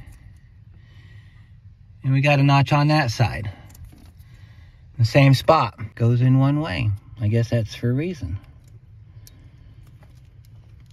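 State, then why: Not seated. On a 2006 Chevy Silverado wiring harness, a plastic splice comb with keying notches is handled and lined up to go back into its serial data splice pack connector block. Someone talks, followed by a few faint, short handling ticks near the end. Nothing has seated or clicked yet.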